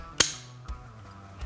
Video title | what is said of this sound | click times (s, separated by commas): GForce Arms - GF1 Semi-Automatic Shotgun Firearm Teardown | We'll reinstall the gas piston into the piston holder until it clicks. | 0.2 s